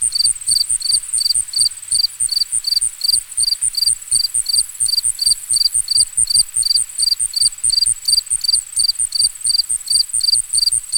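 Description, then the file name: Loud, steady cricket chirping: short bright pulses about three per second over a constant high trill, with soft low beats underneath. Ambient nature recording of crickets. "Crickets and Frogs In the Distance"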